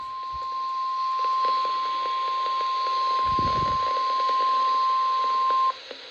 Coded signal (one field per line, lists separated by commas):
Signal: Emergency Alert System (SAME) tones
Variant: 1050 Hz attention tone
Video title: (EAS #1021) Flood Warning WWF60 8/5/25